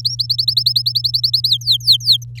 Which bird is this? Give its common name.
Domestic Canary